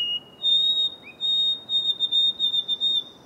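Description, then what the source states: White-throated Sparrow song: a pure, clear whistle that steps up to a long held high note, then ends in a series of short repeated whistled notes. Recorded in Acadia National Park, Maine, by a volunteer project that records the species repeatedly because birds make many different sounds, varying among individuals.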